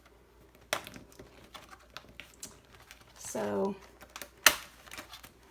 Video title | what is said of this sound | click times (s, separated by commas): Erin Condren Teacher Lesson Planner 2017/18 as Homeschool Planner | they snap right in | 0.7 s